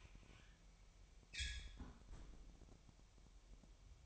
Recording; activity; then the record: daily activity, microphone in the room; close fridge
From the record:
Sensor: 1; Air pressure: 1002.0 hPa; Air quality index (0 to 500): 241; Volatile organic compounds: 47 ppm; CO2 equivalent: 3254 ppm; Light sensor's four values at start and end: 8/28/10/11 and 8/28/10/11